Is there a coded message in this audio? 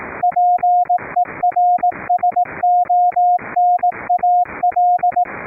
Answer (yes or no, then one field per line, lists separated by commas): yes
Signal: Morse code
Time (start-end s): 0.2-5.2 s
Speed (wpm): 18 wpm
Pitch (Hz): 710 Hz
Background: none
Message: PERSONAL